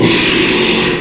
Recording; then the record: squeal of a Yucatan mini pig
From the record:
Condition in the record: after surgery on the right vocal fold (resection and tissue-engineered implant); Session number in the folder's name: 1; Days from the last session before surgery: 6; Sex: male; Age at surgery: 12 weeks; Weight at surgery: 13 kg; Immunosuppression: cyclosporine, prednisolone